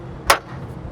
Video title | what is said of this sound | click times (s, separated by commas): How to Replace your 2014-2019 Toyota Corolla Hood - ReveMoto | you go you should hear it click that should be right in place | 0.3 s